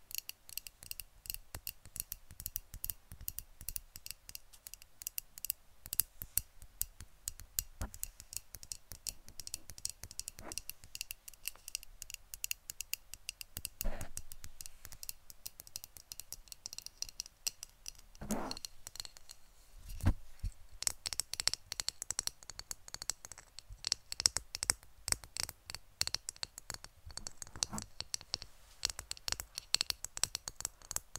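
Fast, dense tapping and clicking with crisp bright edges, irregular bursts throughout, growing busier after twenty seconds, with occasional soft scratches.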